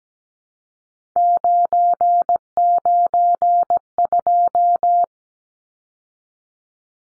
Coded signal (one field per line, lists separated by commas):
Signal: Morse code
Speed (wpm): 17 wpm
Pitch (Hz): 700 Hz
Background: none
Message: 992